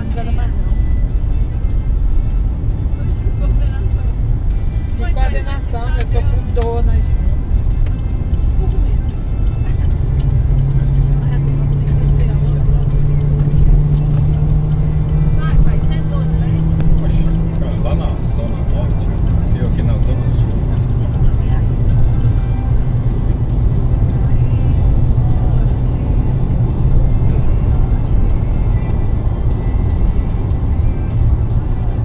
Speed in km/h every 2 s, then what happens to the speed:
79, 80, 82, 84, 86, 92, 99, 105, 111, 116, 119, 121, 124, 126, 125, 119.
0-27 speeds up to 126. 27-32 slows to 119.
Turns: none.